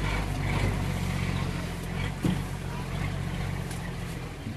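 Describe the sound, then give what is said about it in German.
A steady low engine drone and road rumble from a rattling old bus on a ride in Burma, with a continuous hiss of wind and rattle and one brief louder bump about halfway through. “Bei einer Fahrt in einem der klapprigen Busse sieht man Häuser aus Bambus, gedeckt mit Palmwedeln, lehmfarbene Tümpel und von Staub überzogene Pflanzen.”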